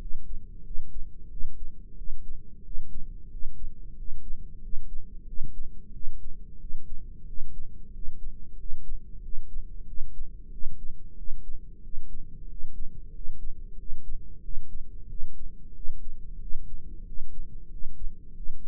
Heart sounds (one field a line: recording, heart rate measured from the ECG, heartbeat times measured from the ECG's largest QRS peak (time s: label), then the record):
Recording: heart sounds by microphone in the right ear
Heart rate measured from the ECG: 92 bpm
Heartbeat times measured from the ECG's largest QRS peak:
0.61 s: heartbeat
1.27 s: heartbeat
1.93 s: heartbeat
2.60 s: heartbeat
3.26 s: heartbeat
3.92 s: heartbeat
4.58 s: heartbeat
5.23 s: heartbeat
5.90 s: heartbeat
6.56 s: heartbeat
7.23 s: heartbeat
7.89 s: heartbeat
8.54 s: heartbeat
9.18 s: heartbeat
9.83 s: heartbeat
10.48 s: heartbeat
11.13 s: heartbeat
11.79 s: heartbeat
12.45 s: heartbeat
13.09 s: heartbeat
13.74 s: heartbeat
14.39 s: heartbeat
15.05 s: heartbeat
15.71 s: heartbeat
16.36 s: heartbeat
17.02 s: heartbeat
17.66 s: heartbeat
18.31 s: heartbeat
From the record:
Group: heart failure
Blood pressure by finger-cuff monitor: 91/57 mmHg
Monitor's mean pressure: 68 mmHg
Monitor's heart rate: 92 bpm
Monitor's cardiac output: 7.8 L/min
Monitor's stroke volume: 85 mL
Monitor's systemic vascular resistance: 620 dyn s/cm5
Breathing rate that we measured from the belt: 13 breaths a minute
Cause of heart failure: ischemic heart disease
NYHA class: 1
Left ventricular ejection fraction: 38%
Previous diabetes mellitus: present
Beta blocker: bisoprolol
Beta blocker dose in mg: 15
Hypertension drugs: sacubitril-valsartan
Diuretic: furosemide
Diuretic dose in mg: 20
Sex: male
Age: 33 years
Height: 172 cm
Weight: 78.5 kg